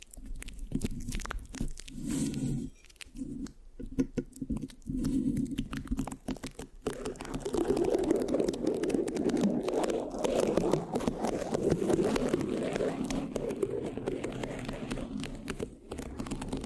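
Scratching on a microphone, with dense, rough rubbing that comes in short uneven strokes and sticky pops. The first half is lower and thumpier with brief pauses; from about eight seconds the scratching turns steadier and brighter, continuing without a break to the end.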